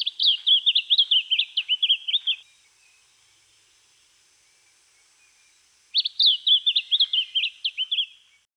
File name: lemon bellied flycatcher